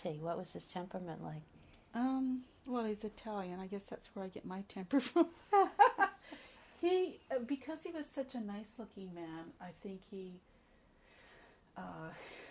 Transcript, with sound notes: What was his temperament like?
Um well he's Italian. I guess that's were I get my temper from. (both laugh) He -- because he was such a nice looking man I think he -- ah